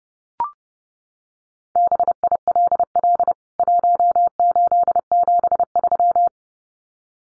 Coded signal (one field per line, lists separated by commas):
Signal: Morse code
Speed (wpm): 30 wpm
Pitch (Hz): 700 Hz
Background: none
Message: BILL 1873